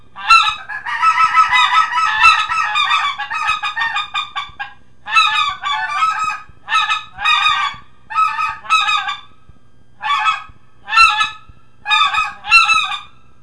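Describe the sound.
Greater white-fronted goose: a dense run of laughing yelps at first, then short spaced bursts about once a second.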